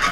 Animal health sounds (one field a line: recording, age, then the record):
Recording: pig call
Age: piglet (1 to 25 days)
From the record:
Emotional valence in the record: positive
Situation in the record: reunion after long isolation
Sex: female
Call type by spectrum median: low-frequency call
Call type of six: low-frequency tonal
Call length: 0.11 s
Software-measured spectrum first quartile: 1148 Hz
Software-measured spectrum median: 1659 Hz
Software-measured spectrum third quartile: 2759 Hz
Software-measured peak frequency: 1252 Hz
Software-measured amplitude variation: 72 dB a second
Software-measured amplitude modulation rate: 13.2 a second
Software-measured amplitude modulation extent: 5.4 dB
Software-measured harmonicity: 0.9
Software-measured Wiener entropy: -1.24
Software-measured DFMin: 942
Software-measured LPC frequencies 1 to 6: 1197, 2128, 2944, 3625, 4818, 6129 Hz